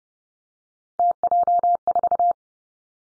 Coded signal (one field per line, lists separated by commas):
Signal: Morse code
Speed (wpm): 30 wpm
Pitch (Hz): 700 Hz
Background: none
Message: TJ4